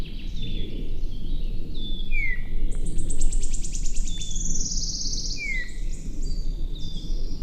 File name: Pyrrhula pyrrhula